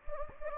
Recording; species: mosquito wingbeat signal from an infrared sensor; Anopheles gambiae